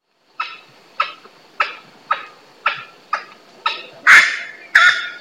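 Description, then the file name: Grey-cowled wood rail giving a steady series of harsh, clipped notes, ending in two louder, rougher bursts. Recorded in a botanical garden in São Paulo, Brazil, on 9 December 2010. "Aramides-cajanea 1-Botanical Garden-SP-Brazil"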